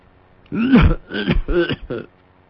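violent coughing fit

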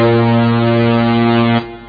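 air horn blast

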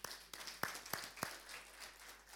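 audience applause

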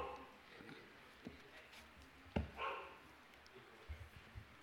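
dog barking

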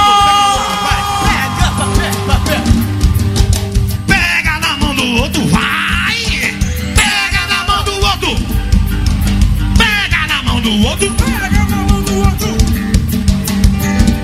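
crowd shouting

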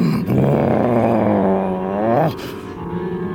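dogs growling

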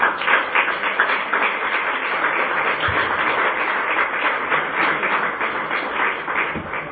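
audience applause

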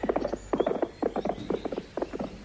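horses' hooves clip-clopping

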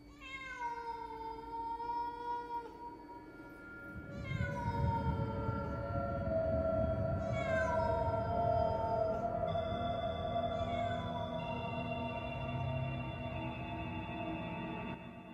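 cat meowing

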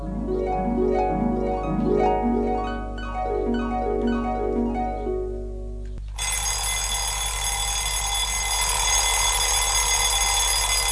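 alarm clock ringing

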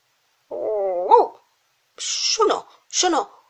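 dog barking and whimpering

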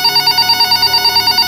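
telephone ringing

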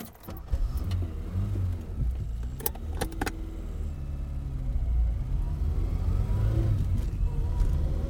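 car driving along road

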